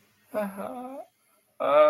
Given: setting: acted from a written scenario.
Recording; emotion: vocal sound without words; distress